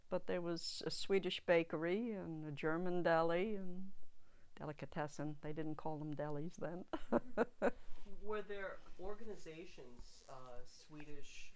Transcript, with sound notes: But there was a Swedish bakery and a German deli, delicatessen. They didn't call them delis then. (she laughs)
Were there organizations, Swedish